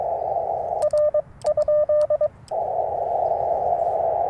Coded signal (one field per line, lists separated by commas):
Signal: Morse code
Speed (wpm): 22 wpm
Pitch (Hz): 600 Hz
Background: radio noise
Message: R?